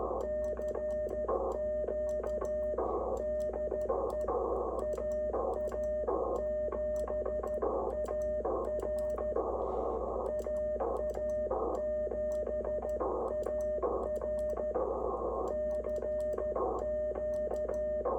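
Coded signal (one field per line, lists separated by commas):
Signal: Morse code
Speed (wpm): 13 wpm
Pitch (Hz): 610 Hz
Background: radio noise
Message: CQ DE AA7AR AA7AR CQ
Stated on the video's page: K2 transceiver on its first bench test after unboxing, calling with no contacts made; the Reverse Beacon Network spotted it in four US states and two Canadian provinces.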